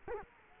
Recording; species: mosquito wingbeat signal from an infrared sensor; Culex quinquefasciatus